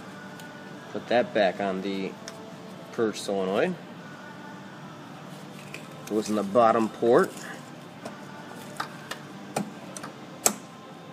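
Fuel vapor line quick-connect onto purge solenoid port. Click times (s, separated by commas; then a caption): 10.5 s. Someone talks while the large fuel-tank vapor line quick-connect is pushed onto the bottom port of the purge solenoid on a Ford 4.6L or 5.4L 3V engine. A few faint taps follow between 8.8 and 10.0 s. A sharp snap at 10.5 s marks the quick-connect seating on the port.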